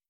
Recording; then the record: hydrophone in a shrimp aquaculture tank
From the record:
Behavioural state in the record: starved